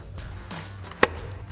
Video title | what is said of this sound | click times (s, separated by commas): 2019-2024 RAM 2500 OEM Style Halogen Fog Lights Review & Install | into place. Make sure both of your side tabs lock in. | 1.0 s